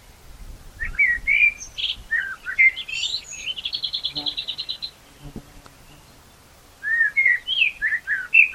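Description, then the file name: Common blackbird song: fluted warbling notes, a steady trill lasting about two seconds, a pause, then another mellow warbled phrase. "Turdus merula"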